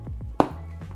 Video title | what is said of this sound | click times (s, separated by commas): Organised, Sleek & Beautiful - The Peak Design Everyday Totepack 20L | grab my cord hook clip it onto that little hook you should hear a satisfying click | 0.4 s